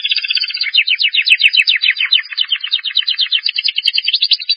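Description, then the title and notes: Bird song, a rapid, continuous chattering run of scratchy notes that sweep up and down steadily throughout, with a few brief high clicks. Bird songs from Indonesia. "Kicau Burung Indonesia"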